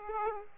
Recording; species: mosquito wingbeat signal from an infrared sensor; Aedes aegypti